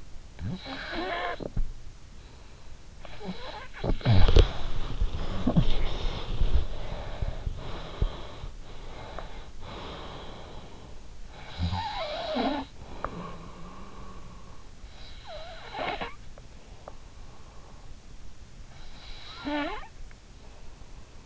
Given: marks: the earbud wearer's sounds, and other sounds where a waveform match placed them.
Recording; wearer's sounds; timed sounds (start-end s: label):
sounds in sleep by an in-ear microphone; snoring breath, body movement, talking in sleep, breath
0.00-5.50 s: snoring breath
3.69-8.80 s: body movement
5.21-5.88 s: talking in sleep
5.50-11.30 s: breath
11.30-19.98 s: snoring breath